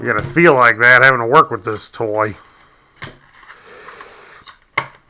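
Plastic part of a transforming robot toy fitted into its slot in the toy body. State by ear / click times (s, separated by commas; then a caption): seated / 4.8 s. Someone talks, then a plastic part of a transforming robot toy is forced into its slot in the toy body, with soft scraping and a few small clicks while it resists. At 4.8 s a loud, sharp snap is heard as the part seats into place.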